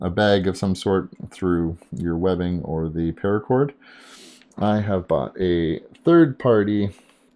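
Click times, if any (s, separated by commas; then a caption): none. Someone talks while handling a third-party locking pocket clip that locks onto a neck-knife sheath. Speech fills most of the clip, with a brief quieter pause around 4 seconds. Nothing has seated or clicked yet.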